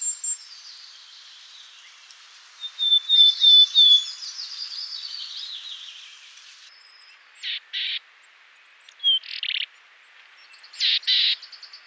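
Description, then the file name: Willow tit calls: thin high notes early, then harsh nasal buzzy bursts in short pairs. "CZARNOGLOWKA"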